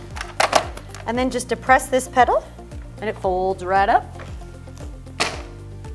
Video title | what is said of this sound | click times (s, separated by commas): IVEA Instructional Video | lower the handles until they click | 0.4 s